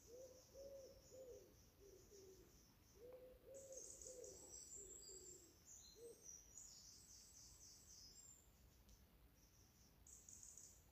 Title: I Heard an Owl at Bishop Wood